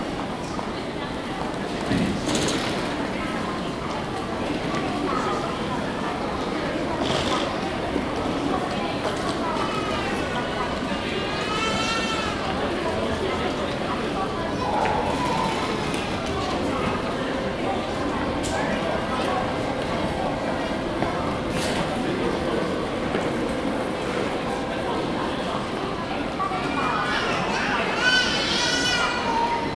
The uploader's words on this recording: Kyoto Station - Lower Levels. Sound recorded with Zoom H2N in 2 channel surround mode.